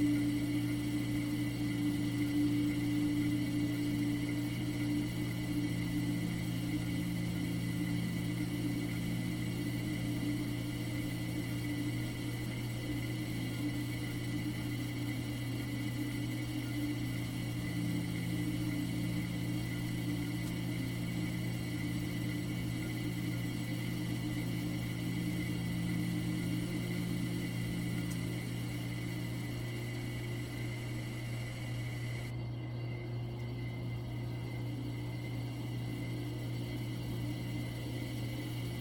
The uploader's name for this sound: The Ambient Spaceship Soundscape